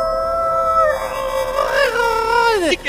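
A single drawn-out howl from a robotic coyote, a quadruped walking along a runway corridor between hangars, rises and wavers, its tone thickening into a buzzy, digitized warble midway before bending down and cutting off with a sharp glitch.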